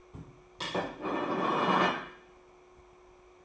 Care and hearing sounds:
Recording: daily activity, microphone in the room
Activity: place plate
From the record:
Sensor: 1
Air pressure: 1004.4 hPa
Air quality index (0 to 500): 197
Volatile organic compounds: 18 ppm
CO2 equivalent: 2610 ppm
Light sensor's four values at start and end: 4/9/3/4 and 4/9/3/4

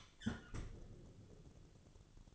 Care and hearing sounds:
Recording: daily activity, microphone in the room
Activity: close fridge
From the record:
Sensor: 4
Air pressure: 1008.6 hPa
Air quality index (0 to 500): 71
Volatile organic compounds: 1 ppm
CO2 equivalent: 622 ppm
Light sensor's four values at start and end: 15/35/14/14 and 15/35/14/14

